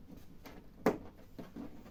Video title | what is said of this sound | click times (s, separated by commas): Заміна 💡 підсвітки 📺ТВ Akai UA40LEP1T2S та ⚡ пониження 📈 току P75-2841V6.0 | таке характерне клацання якщо воно стає на своє місце | 0.9 s